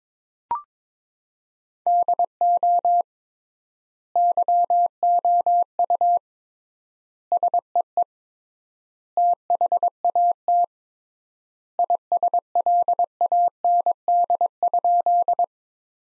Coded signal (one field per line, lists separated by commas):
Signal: Morse code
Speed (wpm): 22 wpm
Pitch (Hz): 700 Hz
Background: none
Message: DO YOU SEE THAT ISLAND?